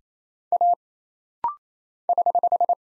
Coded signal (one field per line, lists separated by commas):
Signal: Morse code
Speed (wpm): 27 wpm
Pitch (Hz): 700 Hz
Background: none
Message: A <HH>